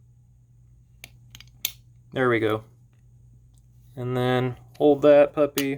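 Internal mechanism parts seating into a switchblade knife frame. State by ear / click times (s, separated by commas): not seated / none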